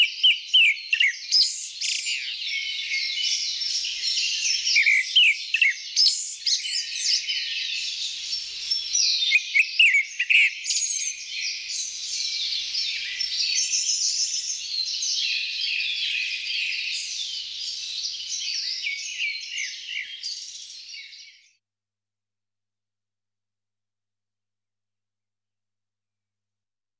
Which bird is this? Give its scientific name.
Turdus hortulorum